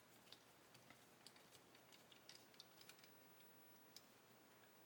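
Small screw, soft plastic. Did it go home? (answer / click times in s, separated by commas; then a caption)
no / none. A small screw is driven into a soft plastic fuselage half of a Hachette Avro Lancaster B.III Dambuster model (pack 88), giving faint, sharp ticking clicks at about 0.3, 1.3, 2.3, 2.6, 2.9 and 4.0 s over a quiet background. Nothing has seated or clicked into place yet; the thread strips because the plastic is very soft.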